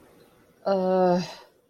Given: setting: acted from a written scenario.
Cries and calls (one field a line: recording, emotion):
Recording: vocal sound without words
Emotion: disappointment